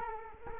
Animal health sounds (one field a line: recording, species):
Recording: mosquito wingbeat signal from an infrared sensor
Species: Culex quinquefasciatus